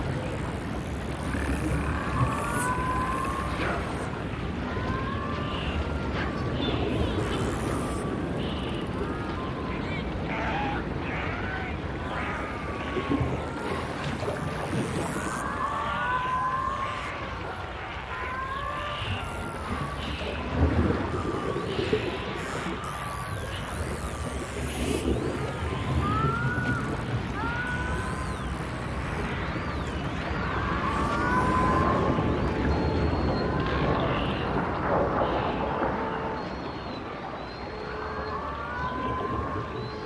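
Dolphins whistle constantly underwater, with short rising and falling squeals overlapping every second or two across the whole stretch. Beneath them a dense, low rumbling hiss of water stays steady, and clusters of clicks and brief bursts thicken around twenty-five and thirty seconds.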